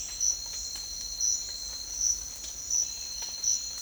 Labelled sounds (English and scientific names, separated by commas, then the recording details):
none
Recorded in secondary vegetation near Puerto Asís, Putumayo, Colombia, on 19 March 2025 at 07:30
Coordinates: 0.499, -76.323
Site G094